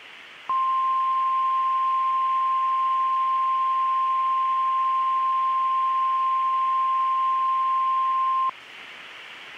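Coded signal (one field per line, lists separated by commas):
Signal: Emergency Alert System (SAME) tones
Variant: 1050 Hz attention tone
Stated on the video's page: Recreation of a NOAA Weather Radio alert with a custom screen; valid EAS tones.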